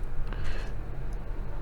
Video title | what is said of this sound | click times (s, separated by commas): 12mp ip камера GREEN VISION определяет пол, возраст человека, считает людей и авто | with contacts to the board until it snaps into place, | 0.3 s